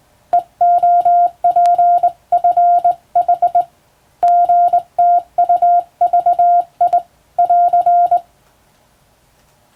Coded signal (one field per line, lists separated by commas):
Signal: Morse code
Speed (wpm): 20 wpm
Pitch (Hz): 700 Hz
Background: none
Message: EOPFH GTUVI <AR>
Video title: 電鍵を使ってモールス符号を打つ無線通信士という仕事が昭和にはありました。国家試験でモールスを打つ実技試験もありましたよ。懐かしいモールス信号を聴いてみませんか？morse code practice